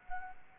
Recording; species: mosquito wingbeat signal from an infrared sensor; Anopheles arabiensis